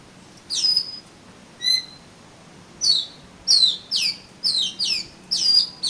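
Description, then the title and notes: Oriental magpie-robin singing loud, sweeping whistled phrases falling from high to mid pitch, with short pauses between bursts and a thin tonal note early on. "suara kacer. kumpulan suara burung kacer"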